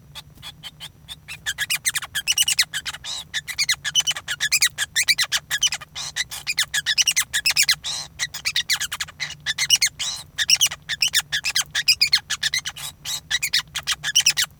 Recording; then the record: song of a male Bengalese finch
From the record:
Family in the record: son of father 5